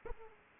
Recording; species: mosquito wingbeat signal from an infrared sensor; Aedes aegypti